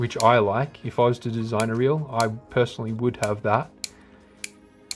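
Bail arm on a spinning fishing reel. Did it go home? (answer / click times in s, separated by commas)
yes / 3.8 s, 4.4 s, 4.9 s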